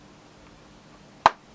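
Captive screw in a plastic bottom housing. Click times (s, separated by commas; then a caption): 1.3 s. A captive screw under tape is turned counter-clockwise in a plastic bottom housing over faint low background noise. At 1.3 s its threads jump free of the plastic with one sharp, bright click. The screw is undone even though it stays in place under the tape.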